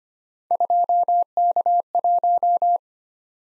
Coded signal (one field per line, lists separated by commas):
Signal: Morse code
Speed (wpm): 25 wpm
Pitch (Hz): 700 Hz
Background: none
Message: 2K1